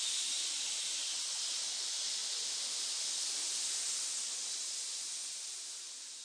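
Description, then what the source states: Snakes hissing in a steady rush that stays level for most of the stretch, then slowly fades toward the end. Many snakes hissing together in a pit.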